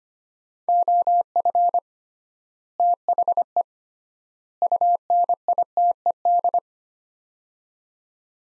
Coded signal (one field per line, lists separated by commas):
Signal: Morse code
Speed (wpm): 25 wpm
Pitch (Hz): 700 Hz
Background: none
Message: OF THE UNITED